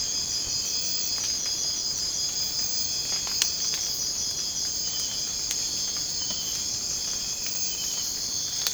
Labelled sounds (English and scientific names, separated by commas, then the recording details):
none
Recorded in secondary vegetation near Puerto Asís, Putumayo, Colombia, on 24 March 2025 at 03:00
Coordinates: 0.485, -76.322
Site G040